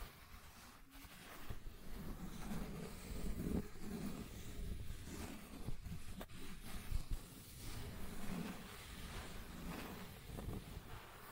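Scratching and tracing sounds run continuously, a rough, rasping friction with a low rumbling body that swells and eases in irregular strokes. Short sharper scrapes cut in around the first second, near six seconds and at about eight seconds, over a steady hiss.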